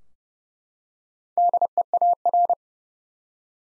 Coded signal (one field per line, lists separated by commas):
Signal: Morse code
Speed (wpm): 29 wpm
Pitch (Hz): 700 Hz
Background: none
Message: DEAR